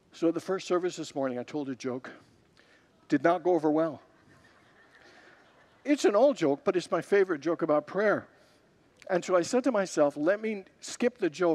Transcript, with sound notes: So, at the first service this morning, I told a joke. Did not go over well. [Congregants laugh] It’s an old joke, but it’s my favorite joke about prayer. And so, I said to myself, “Let me skip the joke.”